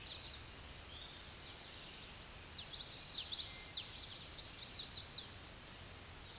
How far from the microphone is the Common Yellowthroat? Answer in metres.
about 15 m